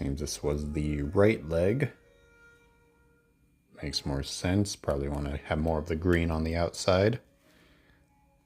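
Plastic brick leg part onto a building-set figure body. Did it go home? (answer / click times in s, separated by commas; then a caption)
no / none. Someone talks while handling a plastic brick leg part for a building-set figure body, reorienting it before pressing it on. Soft handling noise is heard between the speech, and the part has not seated or clicked onto the body yet.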